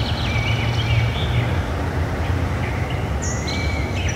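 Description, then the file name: Birds chirping in short high sweeping notes and thin whistles, scattered throughout over a steady low rumbling background. Birds in a forest. "Zzz ASMR - Birds and Forest Pt 1"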